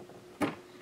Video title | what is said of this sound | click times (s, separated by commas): 2014 Chevrolet Equinox Transmission Flush | it in until you hear that little snap or that click and | 0.4 s